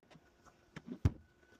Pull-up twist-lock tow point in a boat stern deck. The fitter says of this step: You pull that up and twist, it locks into place.